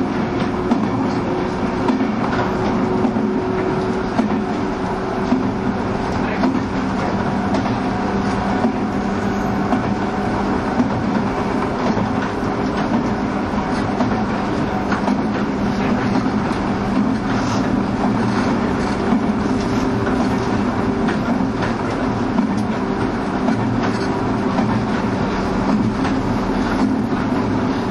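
A train runs steadily on the Bantan Line, its low rumble and droning hum holding at an even level throughout. Faint clicks and brief rattles of the wheels on the rails recur irregularly over the constant running noise.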